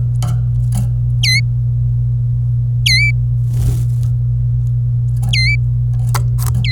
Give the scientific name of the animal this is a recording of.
Serinus canaria